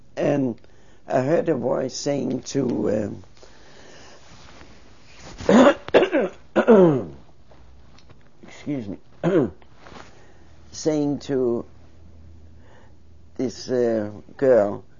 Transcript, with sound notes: And I heard a voice saying to, uh,, (She clears throat) excuse me, saying to this, uh, girl,